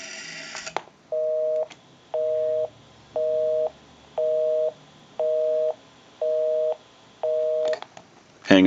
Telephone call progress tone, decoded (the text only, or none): busy tone